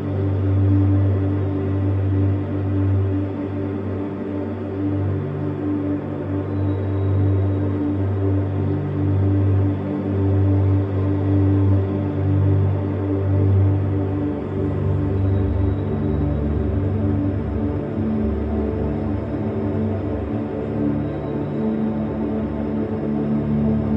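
Binaural beats hum as a steady drone of low, pure tones layered around a deep fundamental, with fainter overtones stacked above. The sound holds level for the whole stretch, with only a slow, gentle wavering and no separate events or background noises.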